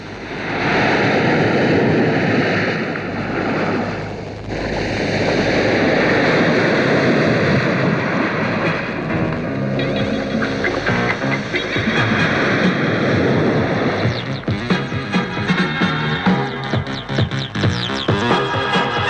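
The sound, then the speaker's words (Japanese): A steady, roaring wash of surf fills the first stretch, broad and noisy like waves rolling onto a beach, before faint tonal music begins to rise beneath the rushing water. “今目の前に新しい海が広がっている。”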